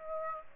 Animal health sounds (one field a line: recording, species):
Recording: mosquito wingbeat signal from an infrared sensor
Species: Aedes aegypti